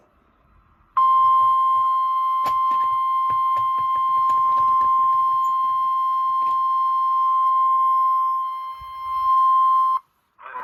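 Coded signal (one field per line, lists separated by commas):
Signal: Emergency Alert System (SAME) tones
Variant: 1050 Hz attention tone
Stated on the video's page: Severe thunderstorm warning for Caddo and Canadian counties.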